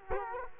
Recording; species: mosquito wingbeat signal from an infrared sensor; Culex quinquefasciatus